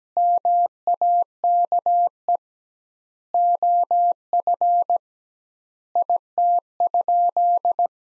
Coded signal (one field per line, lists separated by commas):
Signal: Morse code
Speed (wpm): 17 wpm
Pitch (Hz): 700 Hz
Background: none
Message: MAKE OF IT?